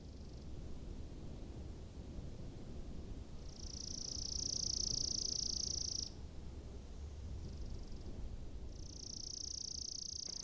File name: chipping sparrow